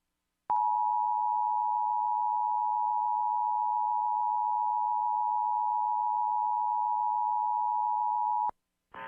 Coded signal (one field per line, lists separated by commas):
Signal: Emergency Alert System (SAME) tones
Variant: 853 and 960 Hz attention tone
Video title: emergency alert system